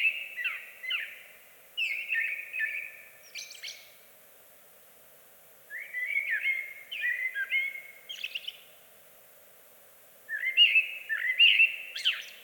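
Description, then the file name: Eurasian blackbird song in three separate phrases, each made of rich, warbling whistles that close with thin, high twittering notes, with short silences between the phrases. "Amsel Bird Blackbird"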